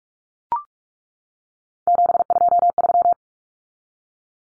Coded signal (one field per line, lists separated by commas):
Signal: Morse code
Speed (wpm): 44 wpm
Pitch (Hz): 700 Hz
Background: none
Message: 723